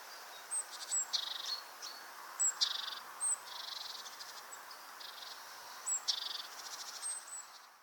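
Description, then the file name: Great tit calls: short high thin notes with repeated buzzy bursts at irregular intervals, over a steady hiss of background noise. "Parus major"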